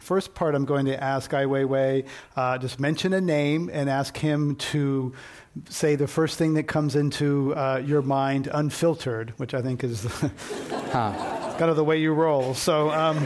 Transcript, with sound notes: First part, I’m going to ask Ai Weiwei, just mention a name and ask him to say the first thing that comes into your mind, unfiltered which I think is --
[Laughter]
-- kind of the way you roll.